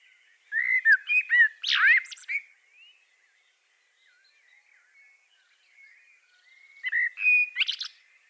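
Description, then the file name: Common blackbird delivering rich, slurred whistles that drop and rise, closing with a sharp high squeaky flourish; after a long gap a shorter phrase with a shrill ending follows. "Turdus merula"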